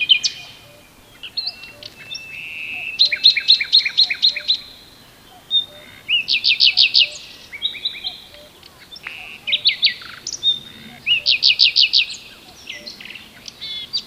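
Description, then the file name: Common nightingale delivering repeated rich phrases: whistles leading into quick stuttering trills, pausing briefly between each burst of song. "Luscinia megarhynchos"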